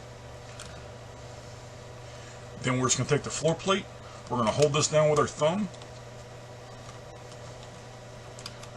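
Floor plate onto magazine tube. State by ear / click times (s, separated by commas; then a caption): not seated / none. A magazine floor plate for a Smith & Wesson Sigma magazine is lined up and slid along the rails of the magazine tube while the spring insert is held down with a thumb. Someone talks over faint room hum, with only small scraping and tapping sounds. Nothing has locked or clicked into place yet.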